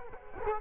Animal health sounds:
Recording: mosquito wingbeat signal from an infrared sensor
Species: Culex quinquefasciatus

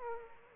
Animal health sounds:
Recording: mosquito wingbeat signal from an infrared sensor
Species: Aedes aegypti

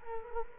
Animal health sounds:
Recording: mosquito wingbeat signal from an infrared sensor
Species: Culex quinquefasciatus

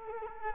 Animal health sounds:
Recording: mosquito wingbeat signal from an infrared sensor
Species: Culex quinquefasciatus

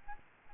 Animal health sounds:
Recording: mosquito wingbeat signal from an infrared sensor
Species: Aedes albopictus

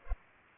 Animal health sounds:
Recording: mosquito wingbeat signal from an infrared sensor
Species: Culex pipiens

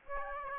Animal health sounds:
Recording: mosquito wingbeat signal from an infrared sensor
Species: Aedes aegypti

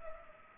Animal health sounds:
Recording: mosquito wingbeat signal from an infrared sensor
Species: Culex pipiens

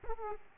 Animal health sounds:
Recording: mosquito wingbeat signal from an infrared sensor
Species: Aedes aegypti

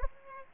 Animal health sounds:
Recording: mosquito wingbeat signal from an infrared sensor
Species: Aedes aegypti

